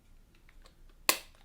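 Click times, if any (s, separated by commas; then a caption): 1.1 s. The plastic battery compartment door of a Canon EOS 80D DSLR camera body is closed right after the battery goes in, with a few faint small ticks before it. A single sharp click at 1.1 s marks the door latching shut, so it is seated.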